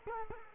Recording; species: mosquito wingbeat signal from an infrared sensor; Culex quinquefasciatus